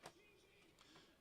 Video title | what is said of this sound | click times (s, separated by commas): TayRayGun: Lumibricks L9079 The Old West Traveling Circus- Part 3 | this should snap over here, right? Yeah, kind of. | 0.1 s, 0.8 s